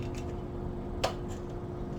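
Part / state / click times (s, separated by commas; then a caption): lamp harp into harp saddle / seated / 1.0 s. A wire lamp harp is squeezed until it snaps into its metal saddle on the lamp, seating with a single sharp click at 1.0 s. Around the snap there is only a low, steady background hum.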